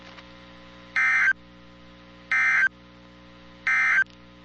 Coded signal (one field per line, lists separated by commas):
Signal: Emergency Alert System (SAME) tones